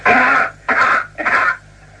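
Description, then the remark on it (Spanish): A recorded cough, played as it would sound on Earth and on Mars: three loud, harsh coughs in quick succession, each a rough burst lasting about half a second, with short pauses between them and no talking. “Vamos a repetir la tos en la Tierra y la tos en Marte.”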